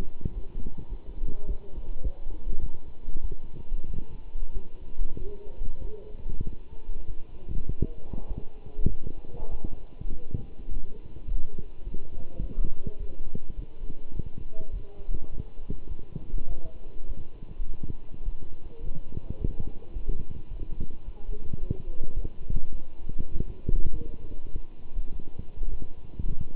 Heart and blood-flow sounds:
heart sounds by stethoscope; between the tricuspid and mitral areas; 102 bpm
0.35 s: heartbeat
0.91 s: heartbeat
1.47 s: heartbeat
2.03 s: heartbeat
2.61 s: heartbeat
3.22 s: heartbeat
3.87 s: heartbeat
4.54 s: heartbeat
5.19 s: heartbeat
5.82 s: heartbeat
6.45 s: heartbeat
7.07 s: heartbeat
7.68 s: heartbeat
8.28 s: heartbeat
8.90 s: heartbeat
9.50 s: heartbeat
10.10 s: heartbeat
10.69 s: heartbeat
11.27 s: heartbeat
11.84 s: heartbeat
12.42 s: heartbeat
12.99 s: heartbeat
13.56 s: heartbeat
14.14 s: heartbeat
14.72 s: heartbeat
15.31 s: heartbeat
15.89 s: heartbeat
16.49 s: heartbeat
17.08 s: heartbeat
17.67 s: heartbeat
18.25 s: heartbeat
18.82 s: heartbeat
19.39 s: heartbeat
19.95 s: heartbeat
20.50 s: heartbeat
21.06 s: heartbeat
21.60 s: heartbeat
22.16 s: heartbeat
22.72 s: heartbeat
23.32 s: heartbeat
23.94 s: heartbeat
24.53 s: heartbeat
25.13 s: heartbeat
25.71 s: heartbeat
26.28 s: heartbeat
From the record:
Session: walking at 3.7 km/h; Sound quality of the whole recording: good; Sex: male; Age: 24 years

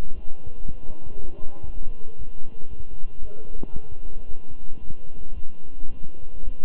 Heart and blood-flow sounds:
heart sounds by stethoscope; between the tricuspid and mitral areas; 114 bpm
0.14 s: heartbeat
0.65 s: heartbeat
1.15 s: heartbeat
1.66 s: heartbeat
2.17 s: heartbeat
2.69 s: heartbeat
3.21 s: heartbeat
3.72 s: heartbeat
4.26 s: heartbeat
4.81 s: heartbeat
5.35 s: heartbeat
5.89 s: heartbeat
6.43 s: heartbeat
From the record:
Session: walking at 3.7 km/h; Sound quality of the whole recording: good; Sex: male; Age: 23 years

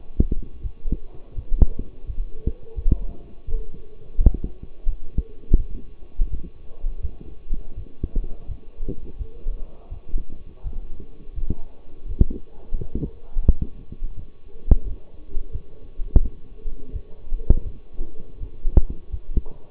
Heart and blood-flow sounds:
heart sounds by stethoscope; between the tricuspid and mitral areas; 84 bpm
0.62 s: heartbeat
1.35 s: heartbeat
2.06 s: heartbeat
2.75 s: heartbeat
3.46 s: heartbeat
4.17 s: heartbeat
4.85 s: heartbeat
5.56 s: heartbeat
6.29 s: heartbeat
7.01 s: heartbeat
7.75 s: heartbeat
8.47 s: heartbeat
9.18 s: heartbeat
9.90 s: heartbeat
10.63 s: heartbeat
11.34 s: heartbeat
12.07 s: heartbeat
12.78 s: heartbeat
13.46 s: heartbeat
14.16 s: heartbeat
14.84 s: heartbeat
15.52 s: heartbeat
16.21 s: heartbeat
16.92 s: heartbeat
17.63 s: heartbeat
18.39 s: heartbeat
19.10 s: heartbeat
From the record:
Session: walking at 3.7 km/h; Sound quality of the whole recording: partially saturated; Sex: male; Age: 24 years

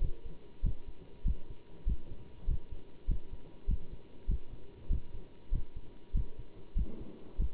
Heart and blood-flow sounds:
heart sounds by stethoscope; between the tricuspid and mitral areas; 98 bpm
0.03 s: heartbeat
0.65 s: heartbeat
1.27 s: heartbeat
1.88 s: heartbeat
2.49 s: heartbeat
3.10 s: heartbeat
3.70 s: heartbeat
4.30 s: heartbeat
4.92 s: heartbeat
5.53 s: heartbeat
6.16 s: heartbeat
6.78 s: heartbeat
7.41 s: heartbeat
From the record:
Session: bicycle stress test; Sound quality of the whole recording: good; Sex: male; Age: 27 years

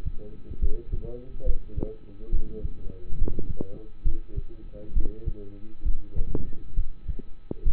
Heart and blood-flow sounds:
heart sounds by stethoscope; between the tricuspid and mitral areas; 68 bpm
0.59 s: heartbeat
1.44 s: heartbeat
2.30 s: heartbeat
3.16 s: heartbeat
4.03 s: heartbeat
4.93 s: heartbeat
5.83 s: heartbeat
6.75 s: heartbeat
7.63 s: heartbeat
From the record:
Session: rest, lying down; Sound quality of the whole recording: partially saturated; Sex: male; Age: 27 years

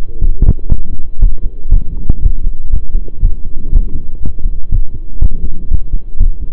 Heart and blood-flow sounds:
heart sounds by stethoscope; between the tricuspid and mitral areas; 120 bpm
0.21 s: heartbeat
0.70 s: heartbeat
1.21 s: heartbeat
1.70 s: heartbeat
2.21 s: heartbeat
2.71 s: heartbeat
3.22 s: heartbeat
3.72 s: heartbeat
4.21 s: heartbeat
4.71 s: heartbeat
5.21 s: heartbeat
5.70 s: heartbeat
6.19 s: heartbeat
From the record:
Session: pedaling a stationary bicycle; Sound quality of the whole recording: saturated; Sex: male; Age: 23 years

